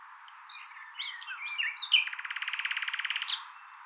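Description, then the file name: Common nightingale song: scattered varied chirps and short whistles building into a fast, rhythmic trill, finished by a high rising note. "Luscinia megarhynchos"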